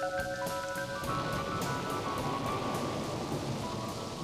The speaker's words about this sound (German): Das Wasser plätschert so freundlich, als wären wir in Venedig.